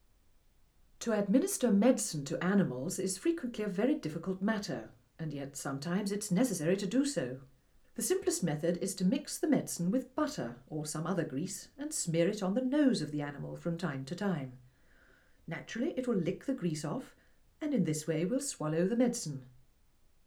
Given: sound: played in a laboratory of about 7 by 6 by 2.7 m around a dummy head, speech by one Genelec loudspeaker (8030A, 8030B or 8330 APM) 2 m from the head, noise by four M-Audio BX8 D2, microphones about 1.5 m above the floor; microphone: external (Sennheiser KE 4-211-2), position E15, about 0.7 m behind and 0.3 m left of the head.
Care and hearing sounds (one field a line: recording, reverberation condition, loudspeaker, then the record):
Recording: female speech in English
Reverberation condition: low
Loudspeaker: 120 degrees to the left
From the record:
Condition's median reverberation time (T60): about 310 ms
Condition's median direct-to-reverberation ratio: about 3.5 dB